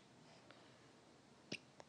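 One sharp, brief gulping burst and two fainter clicks in a quiet room: a child's hiccups.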